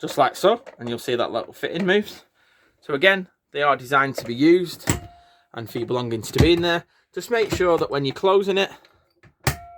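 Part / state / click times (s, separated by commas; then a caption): overhead cupboard door latch engaging into the locker frame / seated / 9.5 s. Someone talks about the overhead cupboards in a 2014 Bailey Autograph Approach SE 625 motorhome, then pushes an overhead locker door closed. Its push-button catch engages into the locker frame with a sharp clicking, pinging sound at 9.5 seconds. The locker is securely shut for travel.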